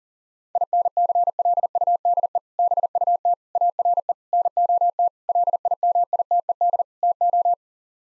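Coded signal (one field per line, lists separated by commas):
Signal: Morse code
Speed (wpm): 40 wpm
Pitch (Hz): 700 Hz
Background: none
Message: INCLUDE BUT ARE NOT LIMITED TO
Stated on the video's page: Morse code head-copy drill at 40 wpm, sending common English six-word groups, each sent, spoken, then sent again.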